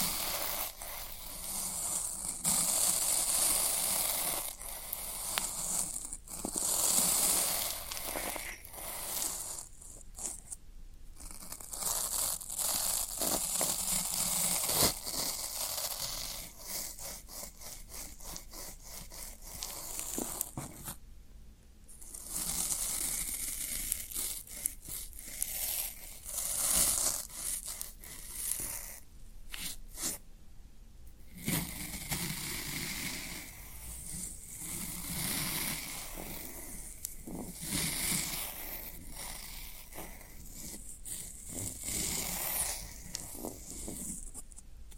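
Floral foam being handled, with dense crumbly crackling and scratchy tearing textures that run almost continuously for the whole 45 seconds. The sound is bright and hissy, broken by brief near-silent pauses around 11, 21 and 30 seconds, with occasional sharper squeaky bursts.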